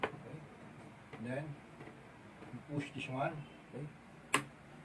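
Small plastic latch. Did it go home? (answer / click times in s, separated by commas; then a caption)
released / 4.3 s. Someone talks while sliding the visor mechanism toward the top and pushing the release lever on the side plate of a motorcycle helmet to take the visor off. The visor release latch gives one sharp click at 4.3 s, and the visor is released.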